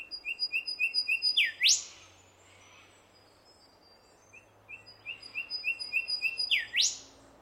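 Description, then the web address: Bird repeating the same sequence twice: a run of rapid short whistles building into a sharp swooping whip note, separated by a quiet gap of hiss. Unidentified Australian bird. "Sound Effects-Foundation 1 BIRD AUSTRALIAN UNKNOWN SEQUENCE 02"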